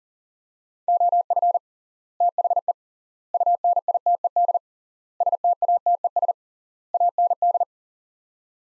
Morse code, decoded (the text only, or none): OF THE UNITED STATES AND